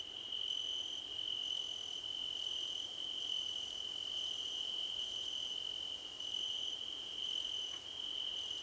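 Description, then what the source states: Crickets chirping: a continuous piercing trill underlies short, higher chirps that repeat throughout. Crickets in a choir competition.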